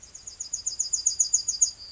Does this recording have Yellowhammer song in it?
yes